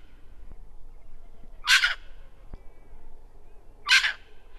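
Red wattlebird producing two loud, rasping chock notes roughly two seconds apart, with a quiet click and low rumble in the background.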